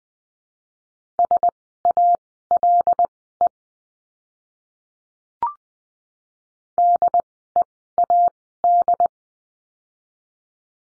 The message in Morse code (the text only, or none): SALE DEAD